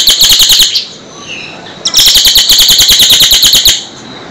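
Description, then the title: Sunbird song in rapid, high, ticking bursts, a short run followed after a gap by a longer, steady series of bright notes. Clear, loud, melodious song used to train cage birds. "Suara Kolibri Ninja MERDU, JELAS DAN LANTANG"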